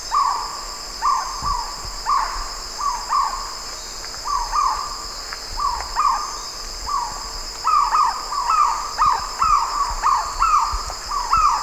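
White-rumped kingfisher giving harsh, grating call notes, some doubled, repeated roughly once a second over a steady high insect drone.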